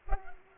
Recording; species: mosquito wingbeat signal from an infrared sensor; Culex pipiens